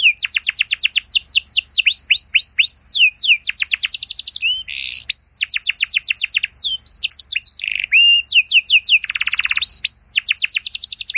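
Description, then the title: Canary singing continuously, fast rattling trills of high descending notes alternating with buzzy rolls and upward-curving whistles, almost no pauses. Belgian canary song with elaborate phrases, played to warm up and stimulate other canaries so they answer with long continuous song. "Canto Para Esquentar Canário Belga. Suara Burung Kenari Lagu dan Cengkok Mewah Buat Kenari Lain Bakal Langsung Nyaut Gacor Panjang"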